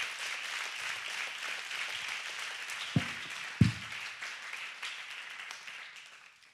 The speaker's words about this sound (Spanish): Dale un aplauso, se lo vas a dar, dáselo fuerte.